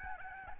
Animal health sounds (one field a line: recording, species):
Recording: mosquito wingbeat signal from an infrared sensor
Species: Aedes albopictus